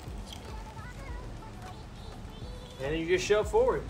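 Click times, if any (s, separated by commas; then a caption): none. A plastic hood panel is lined up on the front body of a three-wheel motorcycle, with its bottom clips set into the lower mounts before it is shoved forward to click home. Quiet handling sounds are heard, with a brief sharp tap at 0.3 s, and someone talks near the end. Nothing has clicked or seated yet.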